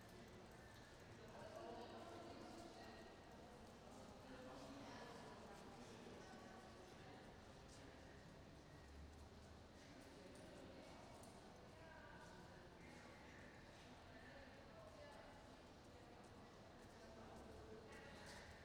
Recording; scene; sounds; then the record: everyday scene through a hearing-aid microphone; reverberant space; background noise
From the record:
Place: railway station hall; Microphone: in the ear canal, right